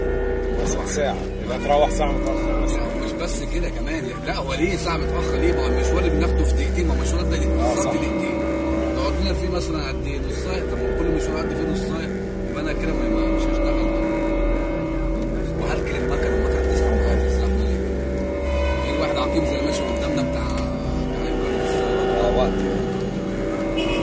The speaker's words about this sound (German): Die Taxifahrt, oder besser das Stop and Go, geht weiter.